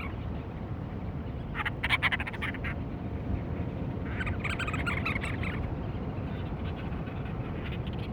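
Cape Verde storm petrel calls: two harsh, rapidly pulsed bursts, one near two seconds and a longer one near five, set against steady low rumbling noise.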